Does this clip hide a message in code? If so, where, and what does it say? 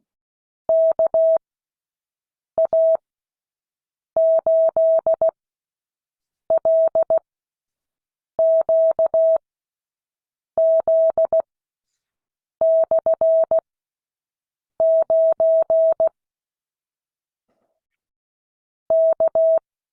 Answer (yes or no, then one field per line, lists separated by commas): yes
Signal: Morse code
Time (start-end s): 0.7-19.6 s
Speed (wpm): 16 wpm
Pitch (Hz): 650 Hz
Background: none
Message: KA8LQZ/9 K